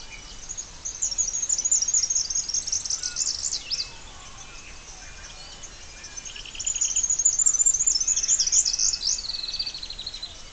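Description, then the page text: Splendid fairywren trilling in two high, fast bursts separated by a quiet gap; the second burst ends in lower notes. Described as a trill. "Трель птицы - Блестящий расписной малюр (Malurus splendens)"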